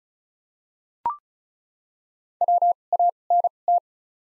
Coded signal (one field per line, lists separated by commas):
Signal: Morse code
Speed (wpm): 36 wpm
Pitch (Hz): 700 Hz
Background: none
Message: W A N T